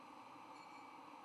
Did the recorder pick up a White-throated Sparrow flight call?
no